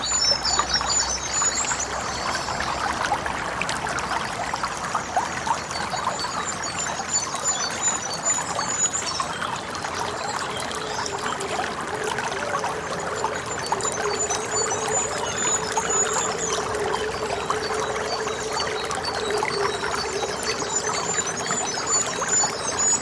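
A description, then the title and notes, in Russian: A bubbling stream gurgles steadily and densely throughout, its close, splashing rush holding an even level. High, thin bird calls sound faintly above the water in short bursts near the start and again around the middle, while a low steady drone joins after about ten seconds. Бурлящий ручей и птицы леса. Нежные звуки течения воды бурлящего ручья.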